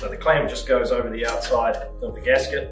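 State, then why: Not seated. A quick-connect pipe clamp is being handled over the gasket between a lipped spigot and a pipe while someone talks over faint background music. Nothing has seated or clicked yet; the clip ends just before the clamp snaps shut.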